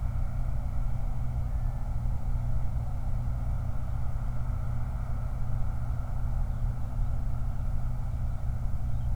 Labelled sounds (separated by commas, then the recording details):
songbird, vehicle
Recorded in the Prudhoe Bay oil fields, Alaska, on 29 July 2019 at 03:39
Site 29